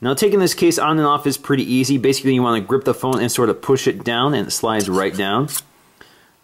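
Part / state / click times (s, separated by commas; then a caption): smartphone coming out of a protective case frame / released / 6.0 s. Someone talks while gripping an iPhone 4/4S and pushing the SwitchEasy Clockwork (Avant-Garde) protective case section down so it slides off. After the talking stops, a single sharp click at 6.0 s marks the phone popping out of the case frame, releasing it.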